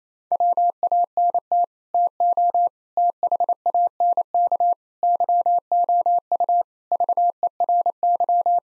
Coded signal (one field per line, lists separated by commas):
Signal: Morse code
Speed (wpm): 28 wpm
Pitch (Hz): 700 Hz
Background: none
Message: WANT TO THANK YOU VERY